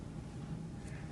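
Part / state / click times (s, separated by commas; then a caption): SD card into the card slot of a veterinary monitor / not seated / none. An SD card is being handled at the card slot of a petMAP+ II veterinary monitor, with only a steady low background hum and no distinct sounds. Nothing has seated or clicked yet.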